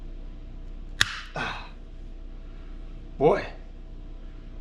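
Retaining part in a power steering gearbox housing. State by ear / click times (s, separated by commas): seated / 1.0 s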